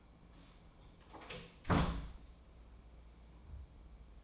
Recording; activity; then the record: daily activity, microphone in the room; close door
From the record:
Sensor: 1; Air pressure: 1012.4 hPa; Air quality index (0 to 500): 166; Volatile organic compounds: 3 ppm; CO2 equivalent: 1360 ppm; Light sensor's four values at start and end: 745/1701/767/915 and 752/1717/775/922